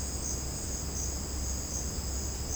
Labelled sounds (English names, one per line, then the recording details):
none
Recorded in secondary vegetation near Puerto Asís, Putumayo, Colombia, on 12 March 2025 at 11:30
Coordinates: 0.481, -76.318
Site G097